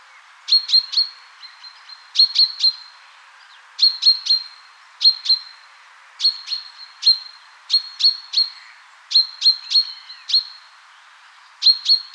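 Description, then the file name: Common chaffinch giving steady series of sharp pinking notes in twos and threes, the groups recurring roughly every second or so throughout. "Fringilla coelebs"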